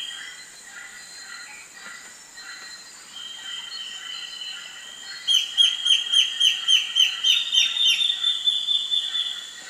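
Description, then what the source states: Immaculate antbird calls: a fast, even run of high whistled notes starting midway, over a steady high drone and soft background bird notes. Recorded in Ecuador, South America.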